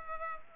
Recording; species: mosquito wingbeat signal from an infrared sensor; Culex pipiens